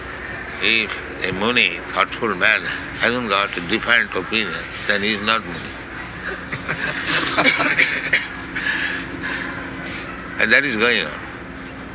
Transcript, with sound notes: "If a muni, thoughtful man, hasn't got a different opinion, then he is not muni." [laughter] And that is going on.